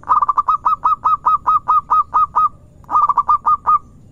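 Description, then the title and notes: Zebra dove delivering a long rapid series of evenly spaced cooing notes, a short pause, then another quick run. Zebra dove singing vigorously, used as a lure to attract birds. "Pancingan Perkutut Durasi Panjang. Suara Burung Perkutut Gacor"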